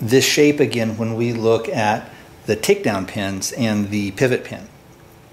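A metal safety selector lever in a rifle lower receiver is handled, with its spring-loaded detent meant to drop into the groove or hole with a small click. In this clip a man talks throughout in a small room, and there is no distinct click. The part has not clicked into position yet.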